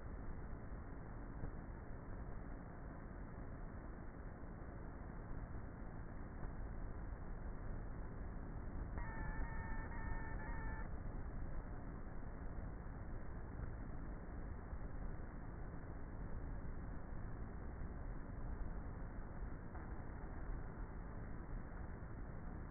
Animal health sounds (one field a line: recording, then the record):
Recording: honeybee colony, microphone inside the hive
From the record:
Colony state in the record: queenless with a low population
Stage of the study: before two queens were removed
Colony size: about 30,000 bees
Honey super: no